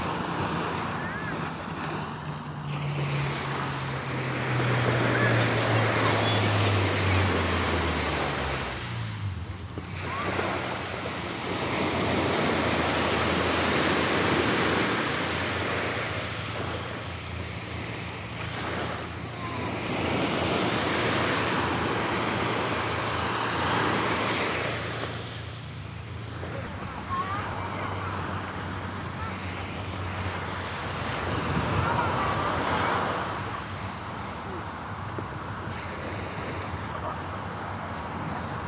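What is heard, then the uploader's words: Waves wash in and out in a steady, dense roar, swelling and easing every several seconds, with brief lulls near ten and twenty-five seconds. During the first nine seconds a low engine hum slides downward in pitch underneath, as if a boat or vehicle passes. 波の音 PART2（Binaural）- sound of waves. 今回は伊豆で録りました。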